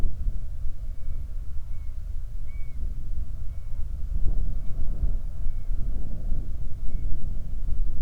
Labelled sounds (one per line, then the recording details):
bird
wind
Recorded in the Prudhoe Bay oil fields, Alaska, on 31 July 2019 at 07:30
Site 24